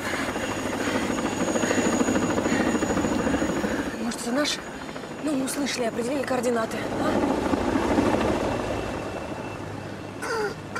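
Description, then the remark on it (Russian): A helicopter drones steadily over a forest with a continuous rotor hum and whine, loud throughout, while people talk over it in short, urgent exchanges. “Над лесом летит вертолет.”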